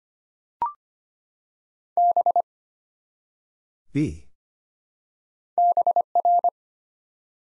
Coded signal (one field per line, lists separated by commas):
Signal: Morse code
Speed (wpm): 25 wpm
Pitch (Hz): 700 Hz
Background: none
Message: B BR